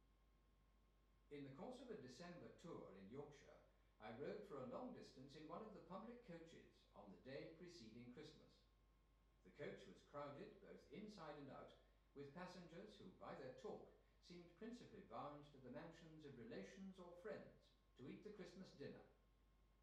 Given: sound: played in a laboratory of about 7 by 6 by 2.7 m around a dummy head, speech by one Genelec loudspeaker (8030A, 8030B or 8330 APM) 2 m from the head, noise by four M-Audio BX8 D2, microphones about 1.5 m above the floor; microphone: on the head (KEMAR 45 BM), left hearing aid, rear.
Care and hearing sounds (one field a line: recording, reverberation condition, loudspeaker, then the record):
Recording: male speech in English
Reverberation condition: medium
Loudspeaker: 90 degrees to the right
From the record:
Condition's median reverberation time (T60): about 510 ms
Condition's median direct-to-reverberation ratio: about -0.5 dB